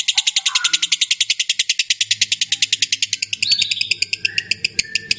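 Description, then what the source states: Lovebird song: fast, buzzy clicking pulses in an unbroken run, with a short rising squeak partway through and a low hum later. Lovebird heard in a singing style the source calls konslet.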